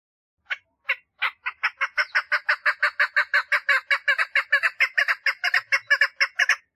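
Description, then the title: Partridge song starting with a few spaced notes, then quickening into a fast, rhythmic run of grating chuck notes that continues to the end. "Perdiz Cantando"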